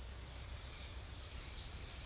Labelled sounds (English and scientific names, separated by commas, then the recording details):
none
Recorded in secondary vegetation near Puerto Asís, Putumayo, Colombia, on 4 March 2025 at 07:30
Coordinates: 0.498, -76.327
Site G001